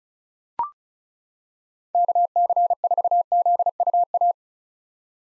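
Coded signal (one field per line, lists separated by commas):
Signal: Morse code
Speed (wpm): 34 wpm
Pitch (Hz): 700 Hz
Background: none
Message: KC4ZUA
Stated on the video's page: Morse code practice at 35 wpm of common POTA hunter call signs for head-copy, each sent, then spoken, then sent again.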